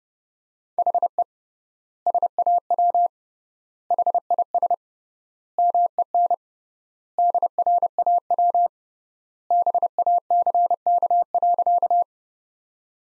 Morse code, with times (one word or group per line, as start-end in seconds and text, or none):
0.8-1.2 HE
2.1-3.1 SAW
3.9-4.7 HIS
5.6-6.3 MEN
7.2-8.7 DRAW
9.5-12.0 BACK.